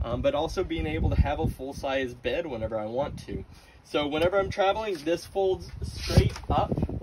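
A fold-up Murphy-style slat bed frame in a cargo trailer is being handled as it is raised toward the wall, where it latches. Someone talks throughout, and a brief sharp sound comes at the very end. Nothing has seated or clicked yet.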